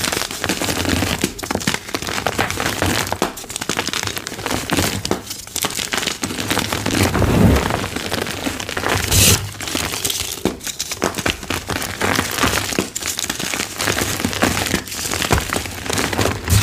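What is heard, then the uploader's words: Dry gym chalk crushed and crumbled in a dense, crackly stream of crisp snaps, with a louder grinding burst near nine seconds. 25+ Deep Blue Dyed Chalk Blocks Fast Crushing, Loud ASMR Sounds. Loud, fast asmr oddly satisfying crispy dyed gym chalk crushing sounds.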